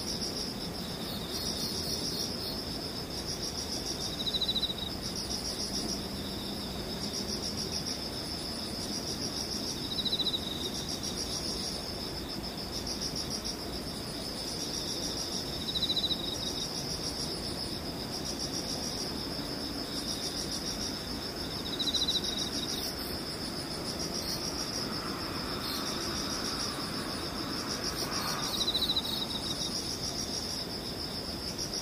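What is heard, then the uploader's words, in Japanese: Insects chirr steadily throughout in a thin, high, unbroken drone. About every six seconds a short, slightly louder chirp pops out above it, and a soft low rumble sits underneath, with a faint brief sweep near the 28-second mark. 無音ムシたまにセミ。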